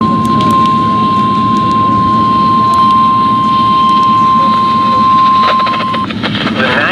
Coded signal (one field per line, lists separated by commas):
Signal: Emergency Alert System (SAME) tones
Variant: 1050 Hz attention tone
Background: speech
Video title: Severe Thunderstorm Warning - EAS #1,587